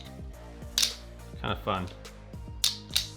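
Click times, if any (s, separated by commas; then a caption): 2.6 s. An aluminum magnetic belt buckle has its two halves brought near each other over music, and someone talks. The halves lock together with a sharp click at 2.6 s, and the buckle is locked in place.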